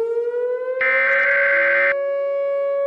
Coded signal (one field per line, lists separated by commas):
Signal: Emergency Alert System (SAME) tones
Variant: header bursts